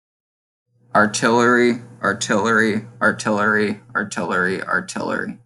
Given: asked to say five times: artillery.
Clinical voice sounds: repeated word; male; 20 to 29 years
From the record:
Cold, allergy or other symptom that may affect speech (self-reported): no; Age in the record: 22 years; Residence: Florida, United States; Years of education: 16

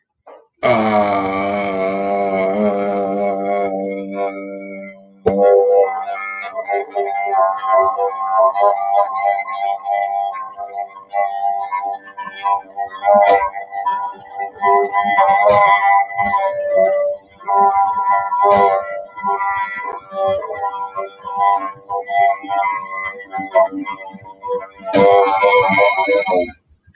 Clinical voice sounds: vowel held as long as possible; male; 40 to 49 years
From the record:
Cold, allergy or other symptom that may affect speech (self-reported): no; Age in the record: 40 years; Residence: Nebraska, United States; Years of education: 18

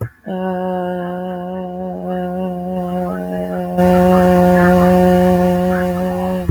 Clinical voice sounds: vowel held as long as possible; female; 30 to 39 years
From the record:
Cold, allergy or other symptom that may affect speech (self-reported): no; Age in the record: 31 years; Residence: Texas, United States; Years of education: 14

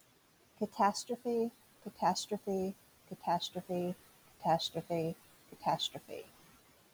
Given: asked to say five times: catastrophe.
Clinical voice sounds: repeated word; female; 40 to 49 years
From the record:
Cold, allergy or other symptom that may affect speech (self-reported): no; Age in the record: 48 years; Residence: California, United States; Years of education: 12

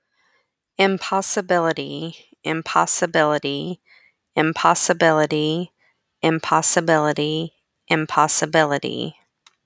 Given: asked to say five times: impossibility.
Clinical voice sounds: repeated word; female; 30 to 39 years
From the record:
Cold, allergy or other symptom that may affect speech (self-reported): no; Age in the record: 38 years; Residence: Missouri, United States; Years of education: 17

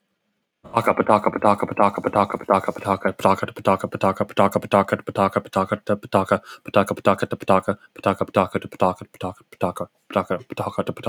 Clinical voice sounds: repeated syllables /pa ta ka/; male; 18 to 19 years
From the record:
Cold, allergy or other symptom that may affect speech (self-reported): no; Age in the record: 19 years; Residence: California, United States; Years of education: 13

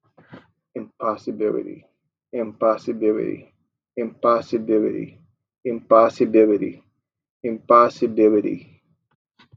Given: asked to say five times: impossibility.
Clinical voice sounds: repeated word; male; 20 to 29 years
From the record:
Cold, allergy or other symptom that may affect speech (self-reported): no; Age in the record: 23 years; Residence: Maryland, United States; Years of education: 16

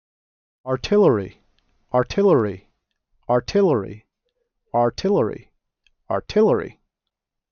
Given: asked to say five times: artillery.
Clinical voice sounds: repeated word; male; 30 to 39 years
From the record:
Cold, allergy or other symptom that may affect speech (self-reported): no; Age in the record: 37 years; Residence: California, United States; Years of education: 16

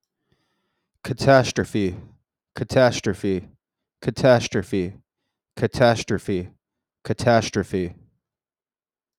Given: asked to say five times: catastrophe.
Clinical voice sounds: repeated word; male; 40 to 49 years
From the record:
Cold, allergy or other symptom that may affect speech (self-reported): no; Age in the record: 42 years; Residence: Florida, United States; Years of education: 14

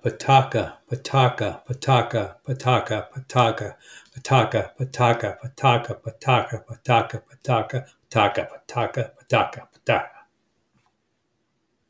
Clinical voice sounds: repeated syllables /pa ta ka/; male; 70 to 79 years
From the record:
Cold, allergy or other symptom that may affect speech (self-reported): no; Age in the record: 70 years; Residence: Florida, United States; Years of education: 18

